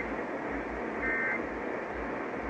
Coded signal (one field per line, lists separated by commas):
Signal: Emergency Alert System (SAME) tones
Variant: end-of-message bursts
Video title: KDKA Weekly Test (3/5/23) (EAS 9619)